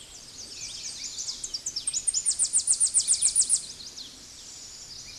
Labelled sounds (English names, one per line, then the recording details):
Tennessee Warbler song
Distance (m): 25 m
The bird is about 20 m above the microphone
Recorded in a Pennsylvania forest on 16 May 2024 at 09:57
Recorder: AudioMoth, point MSD-0407
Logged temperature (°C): 15.8 °C
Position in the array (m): 65 m, 168 m